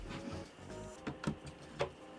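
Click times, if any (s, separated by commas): 1.1 s, 1.2 s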